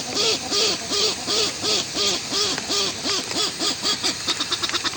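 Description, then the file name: Westland petrel calling: a steady run of hoarse, arched, rising-then-falling notes about three per second, breaking into a faster, stuttering burst at the end. "westland black petrel song"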